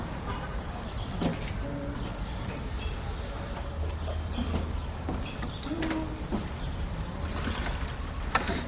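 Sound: water pouring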